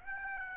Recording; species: mosquito wingbeat signal from an infrared sensor; Aedes aegypti